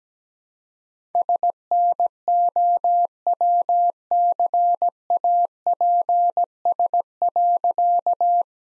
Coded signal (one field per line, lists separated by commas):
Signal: Morse code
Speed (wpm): 17 wpm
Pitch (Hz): 700 Hz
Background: none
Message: SNOWCAPS.